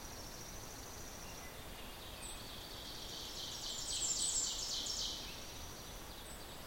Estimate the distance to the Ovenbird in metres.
about 70 m